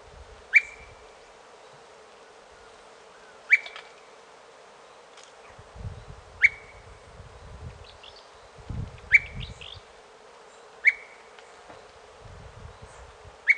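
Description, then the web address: Brown-crested Flycatcher giving sharp, whistled notes that bend downward, repeated every few seconds, with low rumbling background noise in between. Ecuador. "Natures Songs S America Birds of Ecuador. Brown-Crested Flycatcher"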